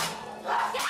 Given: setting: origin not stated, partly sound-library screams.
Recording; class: one-second piece from a danger detection set; woman in danger